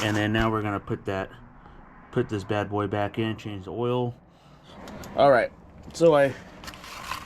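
Someone talks while handling a new crankshaft position sensor for a 2011-2017 Hyundai Elantra at its mount in the engine block, with faint scraping and brief sharp handling noises near 5.0, 6.7 and 7.1 seconds. The sensor has not yet been pushed home, and nothing has seated or clicked by the end of the clip.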